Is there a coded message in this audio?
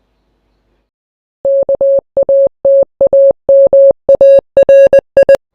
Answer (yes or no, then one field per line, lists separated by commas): yes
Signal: Morse code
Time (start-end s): 1.5-5.4 s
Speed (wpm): 19 wpm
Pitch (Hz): 550 Hz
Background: none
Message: KATAMARI